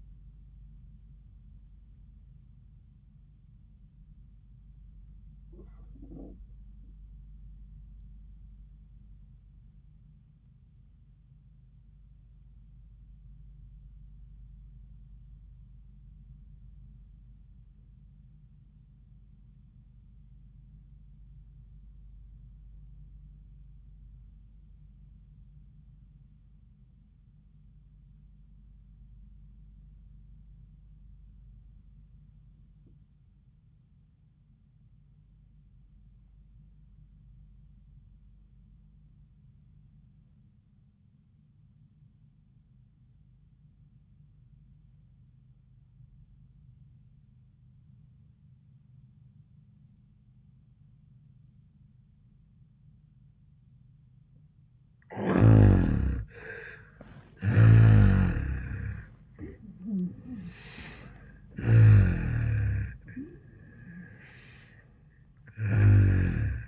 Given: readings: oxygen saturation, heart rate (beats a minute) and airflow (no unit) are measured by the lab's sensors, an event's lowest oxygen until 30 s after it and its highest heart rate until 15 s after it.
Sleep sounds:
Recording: breathing in sleep by a smartphone at the bedside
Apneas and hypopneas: 1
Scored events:
4.00-56.90 s: obstructive apnea (REM, oxygen 98% highest, then 66% lowest, heart rate 75 at the start, 94 highest)
56.00-66.67 s: new sleep stage, N1 (lightest sleep)
From the record:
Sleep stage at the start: REM sleep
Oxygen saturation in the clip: 70 to 98%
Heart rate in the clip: 64 to 94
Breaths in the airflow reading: 4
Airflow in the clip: -28.4 to 11.9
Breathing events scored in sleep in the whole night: 400 in 8.7 hours asleep

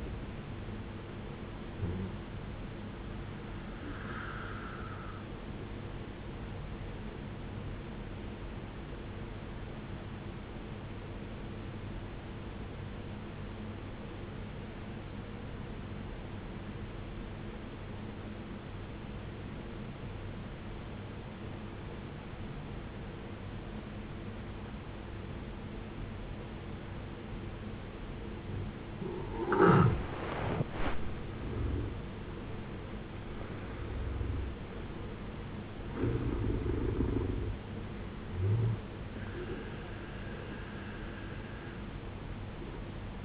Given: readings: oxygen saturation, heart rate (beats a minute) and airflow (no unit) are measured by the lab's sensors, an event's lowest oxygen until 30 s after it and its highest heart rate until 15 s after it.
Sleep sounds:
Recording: breathing in sleep by a voice recorder at the bedside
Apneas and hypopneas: 1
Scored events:
13.00-32.10 s: obstructive apnea (N1, oxygen 94% highest, then 77% lowest, heart rate 64 at the start, 76 highest)
From the record:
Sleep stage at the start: N1 (lightest sleep)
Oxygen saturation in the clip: 76 to 94%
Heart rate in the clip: 54 to 77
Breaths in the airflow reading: 3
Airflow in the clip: -15.6 to 17.4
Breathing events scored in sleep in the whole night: 389 in 6.3 hours asleep

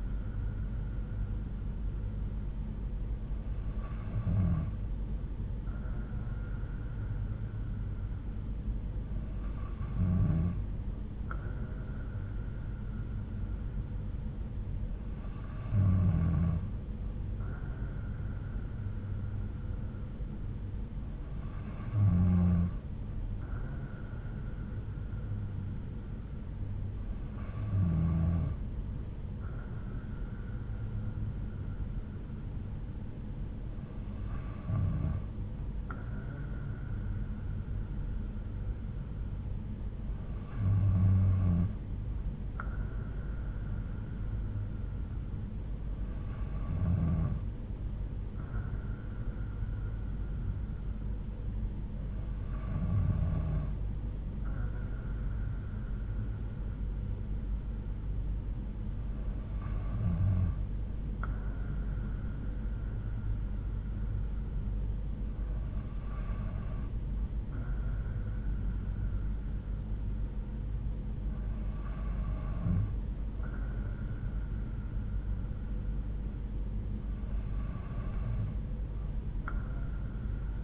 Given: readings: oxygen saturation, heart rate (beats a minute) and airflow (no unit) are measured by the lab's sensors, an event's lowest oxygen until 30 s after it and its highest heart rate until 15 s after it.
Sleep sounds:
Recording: breathing in sleep by a smartphone at the bedside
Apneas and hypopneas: none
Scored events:
none scored
From the record:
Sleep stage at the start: N2 (light sleep)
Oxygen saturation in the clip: 92 to 93%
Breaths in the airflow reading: 13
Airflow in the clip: -3.8 to 3.4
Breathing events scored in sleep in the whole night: 368 in 8.0 hours asleep

